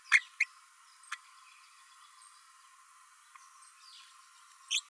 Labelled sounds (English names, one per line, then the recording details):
Green-rumped Parrotlet babbling
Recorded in a nest box in Venezuela
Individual 18B12A1